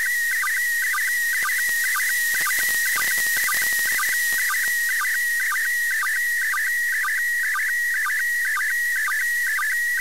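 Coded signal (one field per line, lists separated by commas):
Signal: SSTV (slow-scan television)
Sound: steady high whistling tone with regular short low blips and warbles, over hiss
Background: radio static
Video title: ISS Pass SSTV 2019 02 16 1922z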